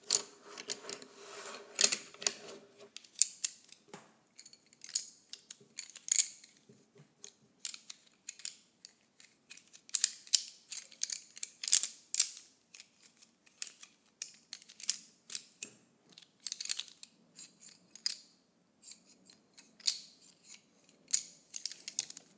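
Colored pencils scratch and tap in quick, irregular bursts of thin, crisp strokes, some short and clicky, others longer scraping runs. The sound stays bright and dry, with brief quiet gaps between strokes. A faint low hum sits underneath in the first few seconds.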